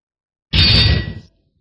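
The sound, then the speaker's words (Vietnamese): A single explosive metallic clash of a fist striking an immortal sword bursts out loud and bright, its harsh ringing edge and heavy low rumble sustaining for under a second before cutting off abruptly. No voices. “Một tiếng nổ vang phát ra hào quang đẹp mắt nhất từ va chạm giữa nắm tay cùng với tiên kiếm kia làm trung tâm, lan tràn khắp bốn phương tám hướng, thổi quét vòm trời này.”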